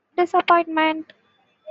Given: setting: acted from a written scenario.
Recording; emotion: vocal sound without words; disappointment